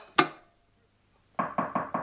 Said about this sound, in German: Es hat geklopft. Erlauben Sie, dass ich nachsehe?